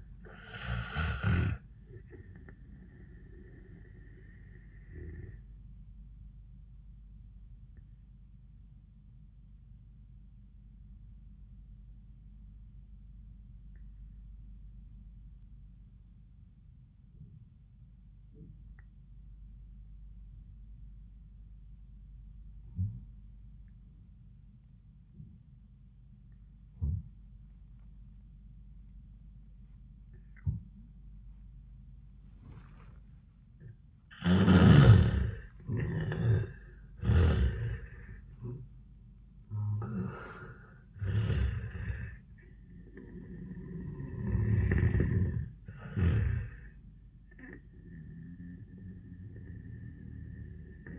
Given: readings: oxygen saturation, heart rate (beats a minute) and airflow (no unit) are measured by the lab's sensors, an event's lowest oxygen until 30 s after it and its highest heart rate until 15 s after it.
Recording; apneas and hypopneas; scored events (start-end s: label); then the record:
breathing in sleep by a smartphone at the bedside; 1
3.00-35.60 s: obstructive apnea (N1, oxygen 97% highest, then 76% lowest, heart rate 96 at the start, 99 highest)
From the record:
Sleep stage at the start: N1 (lightest sleep); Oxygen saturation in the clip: 76 to 97%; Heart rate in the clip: 77 to 99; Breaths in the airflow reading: 4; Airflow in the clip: -18.7 to 9.7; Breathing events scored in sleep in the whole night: 400 in 8.7 hours asleep